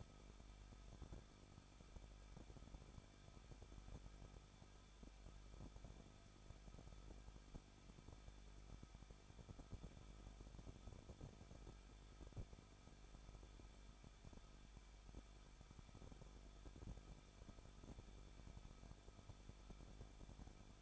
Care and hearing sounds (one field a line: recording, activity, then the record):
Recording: daily activity, microphone in the room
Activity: no activity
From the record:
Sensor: 5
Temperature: 20.8 degrees Celsius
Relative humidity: 38.3%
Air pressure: 1006.6 hPa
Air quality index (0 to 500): 186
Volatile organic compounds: 18 ppm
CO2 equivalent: 2611 ppm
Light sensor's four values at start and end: 2/3/1/1 and 2/3/1/1